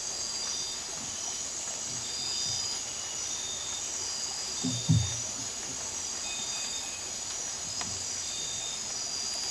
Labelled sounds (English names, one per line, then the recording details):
none
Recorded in dense forest near Puerto Asís, Putumayo, Colombia, on 20 December 2024 at 01:30
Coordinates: 0.467, -76.328
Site GP05